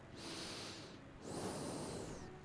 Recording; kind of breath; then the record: one breath in and out by a microphone near the nose and mouth; normal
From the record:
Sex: male